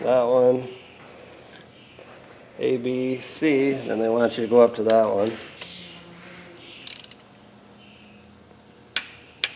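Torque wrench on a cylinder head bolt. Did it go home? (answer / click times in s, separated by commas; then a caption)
yes / 9.0 s, 9.4 s. Someone talks while a click-type torque wrench is ratcheted down on a cylinder head bolt on an engine, with quick ratchet clicks near 6.9–7.1 s. The wrench breaks over at its setting of 35 with sharp snaps at 9.0 s and 9.4 s, confirming the bolt reached torque.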